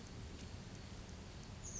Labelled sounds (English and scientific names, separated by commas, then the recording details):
Oak Titmouse (Baeolophus inornatus)
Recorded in Sonoma County, California